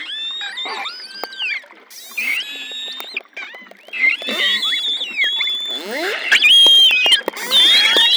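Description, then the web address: Long-finned pilot whales calling loudly, with warbling whistles, rapid buzzy pulse bursts and sharp clicks in quick succession. Recorded in the Antilles. "PMahe Voile'Ocean Audio prez Globi antilles globicephala Melas Apex Cetacea Gouf"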